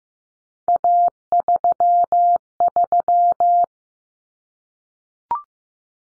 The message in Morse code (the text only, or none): A33